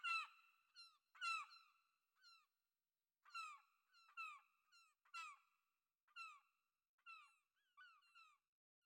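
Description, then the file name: Gull calling: two strong, nasal, falling cries at the start, then after a pause a loose string of softer, shorter yelping notes. "Seagull"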